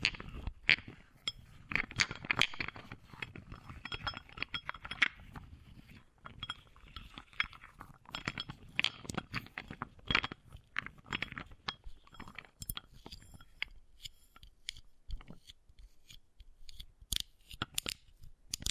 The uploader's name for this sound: Wooden Ball Triggers